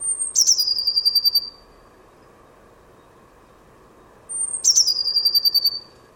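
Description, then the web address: Bird calls twice, roughly four seconds apart: a high sliding whistle then a falling trill of around a dozen fast buzzy pulses, with a low hum behind. "cianscape birddata Deverinetal 2025 Bird Only Cy Ca"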